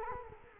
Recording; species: mosquito wingbeat signal from an infrared sensor; Culex quinquefasciatus